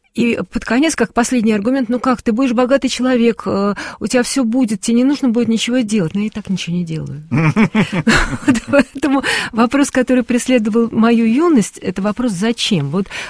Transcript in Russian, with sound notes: И под конец, как последний аргумент: «Ну как, ты будешь богатый человек, у тебя всё будет, тебе не нужно будет ничего делать». — «Но я и так ничего не делаю» (смеются) Поэтому вопрос, который преследовал мою юность, это вопрос: зачем?